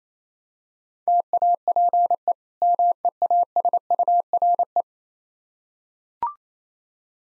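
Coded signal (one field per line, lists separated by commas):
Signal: Morse code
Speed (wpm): 26 wpm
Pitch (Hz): 700 Hz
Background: none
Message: TAPE MEASURE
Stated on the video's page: Morse practice of easy words at 22 wpm in speed-racing format, starting fast and slowing down, with contextual hints.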